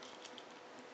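A plastic part, likely the sword piece, is handled as it is pushed back toward its slot in the body of a Takara Legends Convoy LG02 Optimus Primal action figure, a toy about 10 years old. Faint plastic rattling and scraping run throughout, with two brief ticks along the way. Nothing has clicked or seated yet by the end of the clip.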